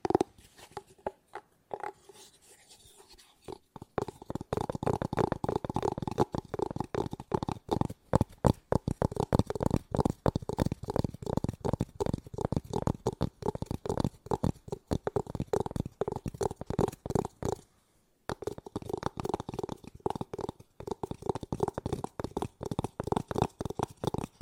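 Fast, dense tapping runs almost nonstop, with rapid sharp strikes packed closely together. A quieter, sparser stretch opens the first few seconds, then the tapping builds and stays busy, with brief pauses near 18 and 21 seconds. There is no talking.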